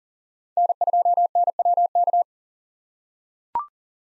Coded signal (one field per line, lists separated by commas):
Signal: Morse code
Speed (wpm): 40 wpm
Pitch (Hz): 700 Hz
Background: none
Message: N2NWK